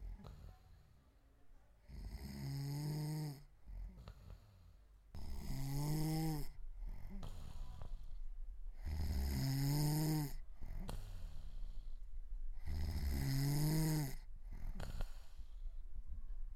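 An adult snoring.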